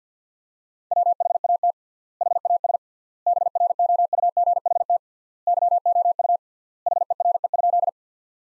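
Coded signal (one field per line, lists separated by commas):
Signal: Morse code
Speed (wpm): 50 wpm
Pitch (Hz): 700 Hz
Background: none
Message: WHAT HAS BROUGHT YOU HERE?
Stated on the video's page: Morse sentences built from the top 500 words at 50 wpm with 3x standard word spacing, a word-level analogue of Farnsworth spacing, for head-copy practice.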